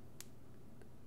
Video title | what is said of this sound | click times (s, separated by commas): Star Wars The Black Series Poe Dameron/Riot Control Stormtrooper 6" Figure Review (13+) | there we go now I clicked into place so it's a little bit better there it is it's not a gun | 0.2 s